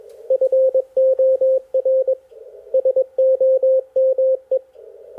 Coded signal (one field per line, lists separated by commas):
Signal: Morse code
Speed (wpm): 21 wpm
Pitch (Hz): 530 Hz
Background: radio noise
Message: FOR SOME